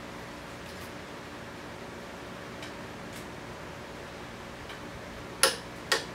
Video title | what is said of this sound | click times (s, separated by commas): MICHAEL HEIT PROPELLER INSTALLATION | there's my click | 5.4 s, 5.9 s